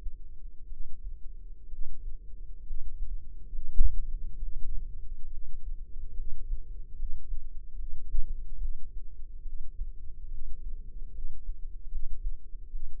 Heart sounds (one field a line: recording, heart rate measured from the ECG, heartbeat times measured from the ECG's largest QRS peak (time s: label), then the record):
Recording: heart sounds by microphone in the left ear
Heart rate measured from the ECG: 70 bpm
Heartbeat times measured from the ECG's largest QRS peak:
0.67 s: heartbeat
1.68 s: heartbeat
2.63 s: heartbeat
3.49 s: heartbeat
4.37 s: heartbeat
5.27 s: heartbeat
6.13 s: heartbeat
6.95 s: heartbeat
7.75 s: heartbeat
8.57 s: heartbeat
9.42 s: heartbeat
10.27 s: heartbeat
11.11 s: heartbeat
11.88 s: heartbeat
12.70 s: heartbeat
From the record:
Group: healthy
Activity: cold pressor test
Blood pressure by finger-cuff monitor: 136/82 mmHg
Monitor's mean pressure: 97 mmHg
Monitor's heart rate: 70 bpm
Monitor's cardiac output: 6.4 L/min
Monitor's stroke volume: 93 mL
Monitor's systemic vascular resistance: 1130 dyn s/cm5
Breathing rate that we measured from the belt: 14 breaths a minute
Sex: female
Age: 22 years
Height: 171 cm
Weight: 65.6 kg